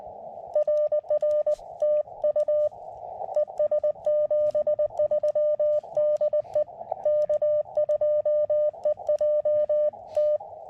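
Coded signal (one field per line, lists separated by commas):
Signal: Morse code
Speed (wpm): 20 wpm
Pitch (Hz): 600 Hz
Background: none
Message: RR TU ES 73 DE K2EJT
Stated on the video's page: CW summit (SOTA) and park (POTA) activation from a rainy, foggy mountain summit fire tower area; eleven contacts made.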